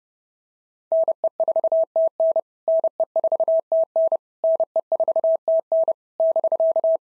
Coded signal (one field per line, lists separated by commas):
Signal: Morse code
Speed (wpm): 28 wpm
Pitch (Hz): 660 Hz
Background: none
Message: NE4TN NE4TN NE4TN <BK>